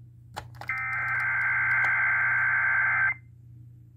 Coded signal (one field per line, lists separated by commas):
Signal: Emergency Alert System (SAME) tones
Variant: header bursts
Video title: Required monthly tests (EAS #48-56) 11/1/2021